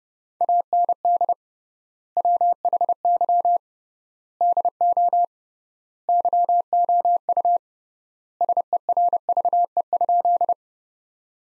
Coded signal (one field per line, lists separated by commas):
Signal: Morse code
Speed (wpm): 30 wpm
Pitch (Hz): 700 Hz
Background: none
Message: AND WHY DO YOU SERVE?